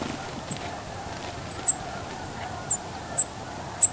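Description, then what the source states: Savannah sparrow calls: several sharp, very high-pitched notes at irregular intervals, over soft low background noise. Recorded in Texas.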